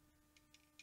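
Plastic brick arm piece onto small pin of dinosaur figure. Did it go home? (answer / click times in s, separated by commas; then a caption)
no / none. A plastic brick arm piece with a large hole is pushed onto a small pin on a dinosaur figure. Three faint, short ticks are heard at about 0.4, 0.5 and 0.8 seconds over a steady low hum. Nothing has clicked into place; the arm just sits loosely on the pin.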